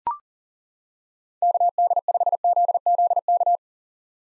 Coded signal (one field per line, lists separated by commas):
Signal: Morse code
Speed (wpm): 40 wpm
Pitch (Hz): 700 Hz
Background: none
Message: KD5ZZK